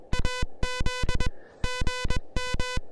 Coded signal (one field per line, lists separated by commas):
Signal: Morse code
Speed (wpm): 21 wpm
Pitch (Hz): 1000 Hz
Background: music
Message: AZ GM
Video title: The Elecraft KH1: My first SOTA activation with this new handheld QRP transceiver!